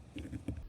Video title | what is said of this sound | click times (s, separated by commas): How to install Neideso N900 AI Dash Cam | Push your mount in and lock into place. | 0.2 s